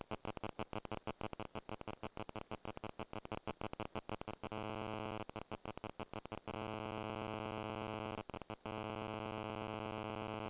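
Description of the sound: Simulated tinnitus: a steady, high-pitched tone near 7 kHz with a rapid, insect-like buzzing pulse beneath it.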